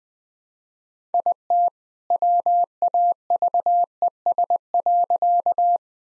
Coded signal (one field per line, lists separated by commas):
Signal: Morse code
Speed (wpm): 20 wpm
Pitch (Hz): 700 Hz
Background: none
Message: IT WAVES.